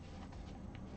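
A metal magnetic snap closure is being handled on a fabric carpet bag, about to be snapped into place. There is low, steady rustling handling noise with a brief soft tick near 0.8 s, but nothing has seated or clicked yet.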